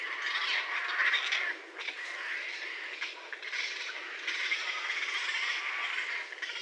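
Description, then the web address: Raccoon calls: a near-continuous harsh, grating chatter with brief dips and squeaky overtones running throughout. Recorded 30 January 2012. "sounds mammals Raccoon 2012 01 30 Raccoon"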